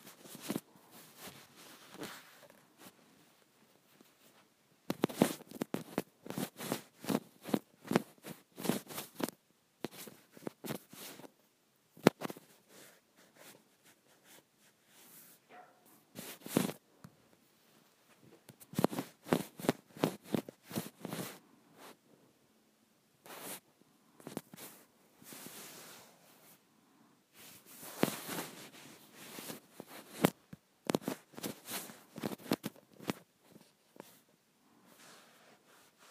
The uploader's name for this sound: ASMR Acrylic Nails